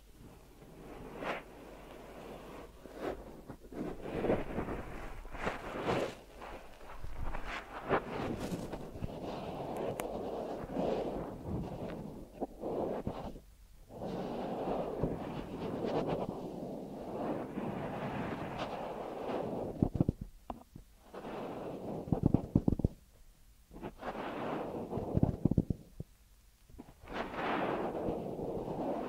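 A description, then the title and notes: An ear massage: dense, muffled rubbing and rustling with a deep rumbling low end, shifting constantly in texture. Brief pauses near 13 and 20–24 seconds break the pressing, followed by sharp scratchy crackles and renewed rubbing strokes. ASMR Deep Ear Massage for Sleep(No Talking).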